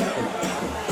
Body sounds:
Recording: coughing mixed with background sound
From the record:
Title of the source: Residual Phlegmy Morning Coughing and Gagging

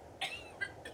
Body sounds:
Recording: coughing mixed with background sound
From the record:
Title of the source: Female coughing - Sound effects

